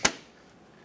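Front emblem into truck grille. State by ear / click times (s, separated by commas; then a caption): seated / 0.0 s. A new front emblem for a 2007-2014 Chevrolet Silverado 2500 HD is lined up and its plastic tabs are pushed through the truck's grille. A single sharp, broadband snap is heard at 0.1 s, then a quick decay into quiet. The emblem clicks and seats in the grille.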